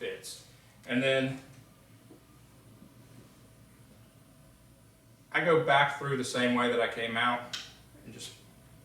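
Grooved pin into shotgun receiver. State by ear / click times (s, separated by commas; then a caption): not seated / none. A grooved pin is being reinserted back through the receiver of a Beretta A400 Extreme Plus shotgun the same way it came out, while someone talks. Nothing has clicked or seated yet; the pin is still being handled and has not gone home.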